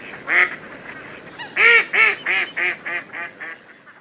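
Mallard giving a series of harsh, nasal quacks, one early call then a rapid run of several that start loud and trail off softer.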